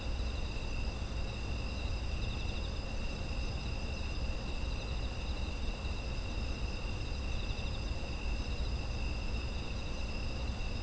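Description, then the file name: Insect chorus with several steady shrill bands and a faintly pulsing trill among them, continuing throughout over low rumbling background noise. Autumn insect ambient sound. "秋の虫の環境音"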